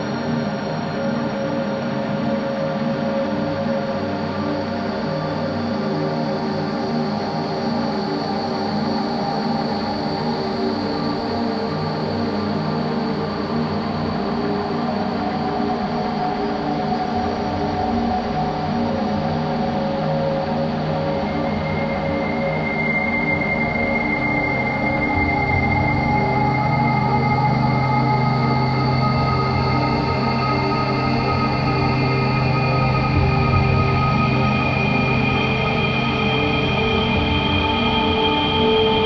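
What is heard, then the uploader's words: A freight train rolls past steadily near Kingman, Arizona, a dense low rumble of wheels and cars that holds nearly level throughout. Sustained whining tones ride over it, and from about 23 seconds a higher tone enters and the rumble grows slightly heavier toward the end. Freight Train with Siren Passes in Desert, Near Kingman, Arizona.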